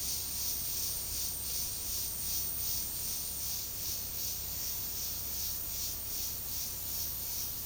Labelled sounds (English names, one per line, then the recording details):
none
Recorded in secondary vegetation near Puerto Asís, Putumayo, Colombia, on 18 February 2024 at 12:00
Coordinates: 0.489, -76.322
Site G6419